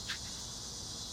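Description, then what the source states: Cicada buzzing, a constant high sizzling drone, with one brief sharper sound near the start. Recorded in summer.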